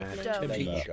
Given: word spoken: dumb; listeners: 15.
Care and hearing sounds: one English word in noise, from a listening test; four-talker babble; -2.2 dB; 1 of 15; 6 of 15; 0.54 s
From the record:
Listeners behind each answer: 6, 6, 1, 1, 1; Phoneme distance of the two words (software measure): 10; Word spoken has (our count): 1 syllable, 3 phonemes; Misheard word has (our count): 1 syllable, 3 phonemes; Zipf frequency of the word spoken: 3.85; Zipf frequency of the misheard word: 3.46

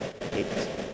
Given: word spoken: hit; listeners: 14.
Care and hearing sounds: one English word in noise, from a listening test; noise modulated by three-talker babble; -4.2 dB; 0 of 14; 10 of 14; 0.54 s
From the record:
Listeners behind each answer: 10, 1, 1, 1, 1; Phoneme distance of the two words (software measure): 7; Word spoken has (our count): 1 syllable, 3 phonemes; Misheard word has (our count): 1 syllable, 2 phonemes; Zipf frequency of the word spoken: 5.31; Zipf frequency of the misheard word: 7.33

